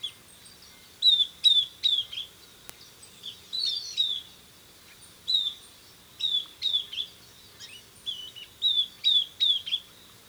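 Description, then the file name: Southern beardless tyrannulet calling with high, thin, downslurred whistles in quick bursts of three or four, repeated throughout. "Camptostoma obsoletum - Southern Beardless Tyrannulet"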